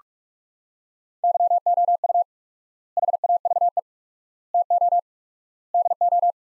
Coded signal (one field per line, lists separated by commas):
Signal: Morse code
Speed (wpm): 47 wpm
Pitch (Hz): 700 Hz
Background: none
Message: YOU HAVE TO DO